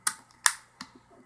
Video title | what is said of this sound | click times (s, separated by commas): Tekkmon Note 3 Case Full Review | easy installation. Just pops right in. | 0.1 s, 0.5 s